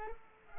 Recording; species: mosquito wingbeat signal from an infrared sensor; Culex pipiens